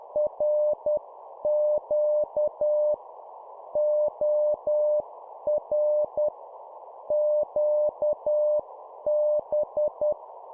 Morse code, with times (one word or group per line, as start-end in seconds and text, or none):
0.2-2.9 RQ
3.8-6.3 OR
7.1-10.1 QB